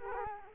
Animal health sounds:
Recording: mosquito wingbeat signal from an infrared sensor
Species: Culex quinquefasciatus

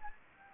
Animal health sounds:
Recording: mosquito wingbeat signal from an infrared sensor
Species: Anopheles gambiae

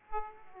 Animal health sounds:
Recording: mosquito wingbeat signal from an infrared sensor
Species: Aedes aegypti

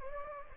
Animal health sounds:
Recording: mosquito wingbeat signal from an infrared sensor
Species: Anopheles gambiae

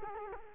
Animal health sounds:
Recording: mosquito wingbeat signal from an infrared sensor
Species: Culex quinquefasciatus

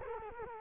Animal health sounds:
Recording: mosquito wingbeat signal from an infrared sensor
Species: Culex quinquefasciatus

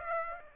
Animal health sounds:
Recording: mosquito wingbeat signal from an infrared sensor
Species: Aedes aegypti

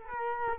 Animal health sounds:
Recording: mosquito wingbeat signal from an infrared sensor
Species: Culex quinquefasciatus

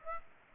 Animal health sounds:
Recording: mosquito wingbeat signal from an infrared sensor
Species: Aedes aegypti

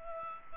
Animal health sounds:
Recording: mosquito wingbeat signal from an infrared sensor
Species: Culex pipiens

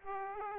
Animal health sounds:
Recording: mosquito wingbeat signal from an infrared sensor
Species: Aedes aegypti

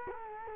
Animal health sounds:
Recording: mosquito wingbeat signal from an infrared sensor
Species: Culex quinquefasciatus

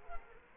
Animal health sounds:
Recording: mosquito wingbeat signal from an infrared sensor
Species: Culex quinquefasciatus

